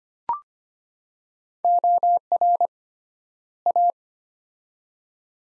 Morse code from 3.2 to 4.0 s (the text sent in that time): A